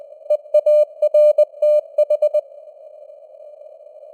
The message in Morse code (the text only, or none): EARTH